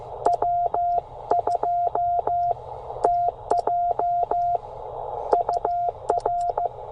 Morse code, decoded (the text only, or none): W2TJ UR